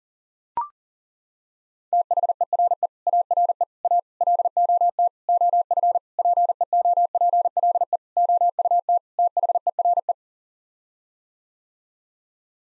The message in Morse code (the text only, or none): THERE ARE A LOT OF PEOPLE OUT THERE